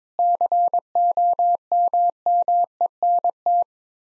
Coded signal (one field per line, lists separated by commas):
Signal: Morse code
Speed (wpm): 21 wpm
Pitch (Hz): 700 Hz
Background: none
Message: COMMENT